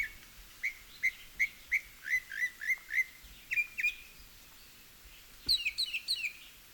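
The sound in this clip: Northern mockingbird singing a run of sharp, clear notes repeated several times, then a quick burst of higher phrases; a faint thump partway through.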